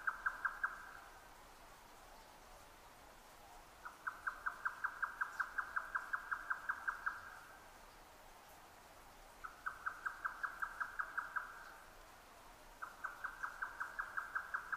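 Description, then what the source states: Grey nightjar song: repeated bursts of rapid, evenly spaced knocking notes, each burst lasting a few seconds and separated by short silences. Recorded 12 June 2009 at 22:41.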